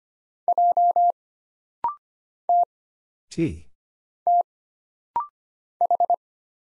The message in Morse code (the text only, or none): J T T H